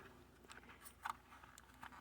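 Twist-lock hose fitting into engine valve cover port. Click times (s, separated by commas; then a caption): 1.1 s, 1.6 s. A lubricated plastic twist-lock hose fitting is pushed down into its port on the valve cover of a 2018 Chevy Trax, during a valve cover replacement for a P0171 check engine code, and twisted until it locks. Faint scraping and ticking sounds lead to small, sharp clicks at 1.1 s and 1.6 s, with the catch more felt than loudly heard. The fitting is seated and locked in place.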